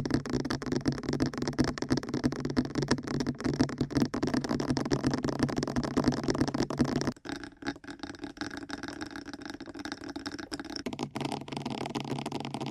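Fast ear tapping makes a dense, rapid patter of muffled taps over a low, thumping rumble. The tapping stays loud and steady for about seven seconds, then abruptly drops to a softer, sparser patter before building back up near the eleventh second.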